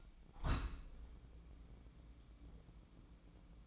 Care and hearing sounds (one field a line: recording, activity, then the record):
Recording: daily activity, microphone in the room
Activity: open window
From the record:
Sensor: 1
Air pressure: 1012.3 hPa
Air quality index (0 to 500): 168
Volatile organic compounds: 3 ppm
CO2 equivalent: 1369 ppm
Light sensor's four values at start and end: 150/335/149/157 and 136/308/136/144